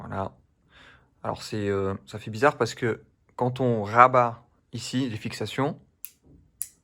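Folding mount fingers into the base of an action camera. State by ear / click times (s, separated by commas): seated / 6.0 s, 6.6 s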